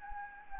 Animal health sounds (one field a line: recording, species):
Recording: mosquito wingbeat signal from an infrared sensor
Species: Anopheles gambiae